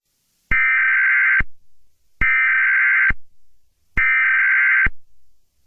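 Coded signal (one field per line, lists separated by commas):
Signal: Emergency Alert System (SAME) tones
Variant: header bursts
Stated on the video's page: Fictional EAS scenario, a creepypasta-themed simulated alert.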